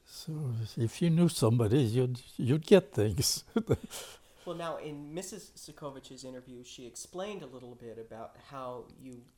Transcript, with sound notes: So if you knew somebody, you'd - you'd get things. (Laughs) Well now, in Mrs. Sakovich's interview, she explained a little bit about how you